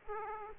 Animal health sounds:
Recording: mosquito wingbeat signal from an infrared sensor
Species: Aedes aegypti

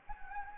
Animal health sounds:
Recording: mosquito wingbeat signal from an infrared sensor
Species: Anopheles gambiae

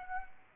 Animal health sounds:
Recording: mosquito wingbeat signal from an infrared sensor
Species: Aedes aegypti

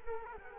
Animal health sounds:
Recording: mosquito wingbeat signal from an infrared sensor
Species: Culex quinquefasciatus

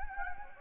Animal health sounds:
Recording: mosquito wingbeat signal from an infrared sensor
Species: Anopheles gambiae

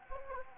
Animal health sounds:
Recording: mosquito wingbeat signal from an infrared sensor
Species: Anopheles gambiae

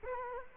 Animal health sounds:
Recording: mosquito wingbeat signal from an infrared sensor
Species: Culex quinquefasciatus

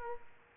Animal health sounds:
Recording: mosquito wingbeat signal from an infrared sensor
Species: Aedes aegypti

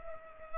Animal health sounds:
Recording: mosquito wingbeat signal from an infrared sensor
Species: Culex pipiens

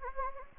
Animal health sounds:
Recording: mosquito wingbeat signal from an infrared sensor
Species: Anopheles gambiae

